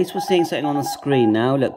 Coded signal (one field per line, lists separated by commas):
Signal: Morse code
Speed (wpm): 21 wpm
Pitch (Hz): 810 Hz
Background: speech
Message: SST